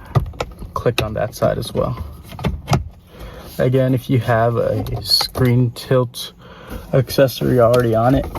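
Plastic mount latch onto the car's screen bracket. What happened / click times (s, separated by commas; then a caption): The plastic mount latch clicks home / 0.8 s. A plastic mounting latch on a physical-buttons docking station for a Tesla Model 3 or Model Y is pushed over near the screen onto the car's screen bracket. It snaps home with a solid click at 0.8 s, among a few smaller plastic taps and clicks. Then someone talks.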